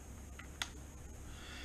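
A metal top cap is turned backwards on a vape tank until its thread start clicks into engagement again, a sharp click at 0.6 s after a fainter tick at 0.4 s. The cap is then perfectly threaded and ready to be turned to the right to tighten.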